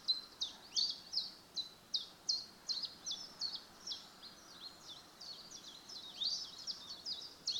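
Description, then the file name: Common chiffchaff repeating crisp high notes throughout, softening midway before growing louder again near the end. "Tjiftjaf"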